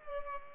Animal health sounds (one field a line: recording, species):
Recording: mosquito wingbeat signal from an infrared sensor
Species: Culex pipiens